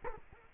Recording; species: mosquito wingbeat signal from an infrared sensor; Culex quinquefasciatus